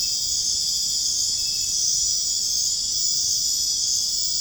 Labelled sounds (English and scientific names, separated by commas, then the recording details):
none
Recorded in dense forest near Puerto Asís, Putumayo, Colombia, on 29 June 2025 at 21:30
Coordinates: 0.481, -76.323
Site G072